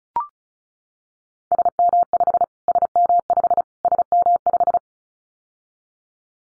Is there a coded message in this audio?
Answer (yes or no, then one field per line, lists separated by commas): yes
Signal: Morse code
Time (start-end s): 1.5-4.8 s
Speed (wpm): 34 wpm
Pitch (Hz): 700 Hz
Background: none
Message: SM5 SM5 SM5